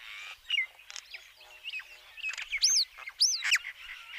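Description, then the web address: Common myna song of looping, rising and falling whistles with gurgling chatter and a few harsh notes, two bright looped whistles standing out near the end. "Schulze Peter Common Myna song"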